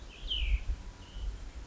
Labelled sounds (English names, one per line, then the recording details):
Cassin's Vireo
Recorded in Sonoma County, California